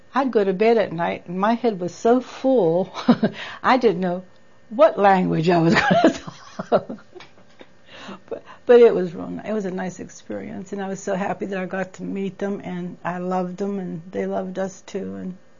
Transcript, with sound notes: I'd go to bed at night and my head was so full I didn't know what language I was in. (she laughs) But it was real nice, it was a nice experience and I'm so happy that I got to meet them and I loved them and they loved us, too.